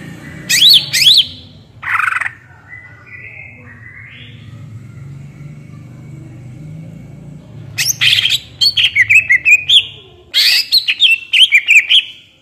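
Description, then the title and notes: Greater green leafbird song: a few whistled notes, a long pause with faint hum, then a fast run of chattering and warbled whistles. Actively singing (gacor, ngentrok) greater green leafbird with crest raised (jambul nembak), described as melodious; suited as masteran, a tutor for training captive greater green leafbirds. "Cucak Ijo Gacor Ngentrok Jambul Nembak. suara burung cucak ijo gacor, merdu cocok buat masteran burung cucak ijo"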